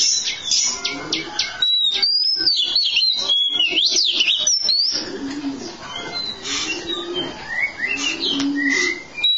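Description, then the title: Oriental magpie-robin with rapid ticking notes and a clear zigzagging whistle, followed by softer varied notes. "Kacer"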